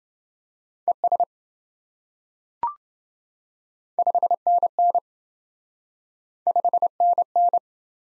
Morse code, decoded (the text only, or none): ES 5NN 5NN